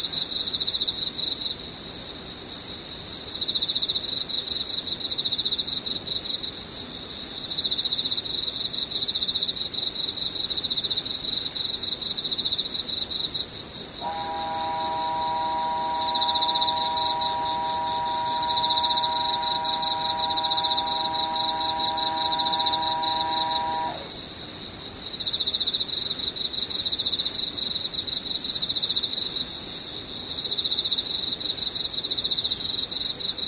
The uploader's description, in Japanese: ムシ